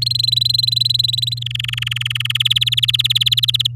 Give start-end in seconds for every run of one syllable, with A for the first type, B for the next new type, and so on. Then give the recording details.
0.01-1.39 A, 1.41-2.37 B, 2.40-3.67 C. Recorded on 10 May 2018 at 10:21. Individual llb16